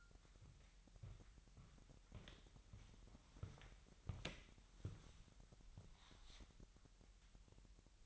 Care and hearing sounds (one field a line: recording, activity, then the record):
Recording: daily activity, microphone in the room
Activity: walk to room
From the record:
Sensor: 3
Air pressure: 1002.0 hPa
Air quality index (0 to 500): 247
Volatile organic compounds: 49 ppm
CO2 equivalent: 3285 ppm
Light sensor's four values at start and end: 8/18/7/8 and 5/11/4/5